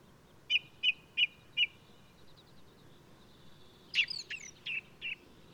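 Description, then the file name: Ring ouzel song: four clear, fluty notes repeated at an even pace, followed by a harsher chattering flourish of rising and falling strokes, over faint background hiss. Singing male of the alpine subspecies alpestris, recorded 22 May 2018 at Důl Bílého Labe in the Krkonoše mountains, Czech Republic. "180522 BIO rouz-alpestris-1-M-S cz dul-bileho-labe"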